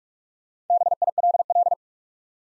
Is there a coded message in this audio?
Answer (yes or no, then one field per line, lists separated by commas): yes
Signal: Morse code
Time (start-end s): 0.7-1.7 s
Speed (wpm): 46 wpm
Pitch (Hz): 700 Hz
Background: none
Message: BILL